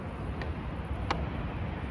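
An exterior plastic trim piece is pressed onto the driver's side door near the mirror of a 2024-2025 Honda HR-V, worked from left to right during a mirror replacement. Over a steady low rumble, two brief handling taps are heard at about 0.4 s and 1.1 s, the second louder. Nothing has seated or clicked yet.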